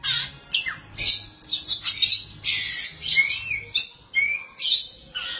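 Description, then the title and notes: Oriental magpie-robin singing a dense, rich run of rising and falling whistles and scratchy chirps, phrases following each other closely. "Suara Kicauan Burung Kacer Durasi Panjang. Suara kicauan burung kacer format mp3 durasi panjang"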